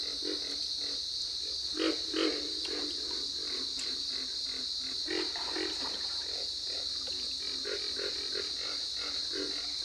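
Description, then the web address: Pig frog grunts, deep rough pulses in irregular bursts, with a persistent shrill background drone. "Dan Gibson's Solitudes Frog Song. Pig Frog"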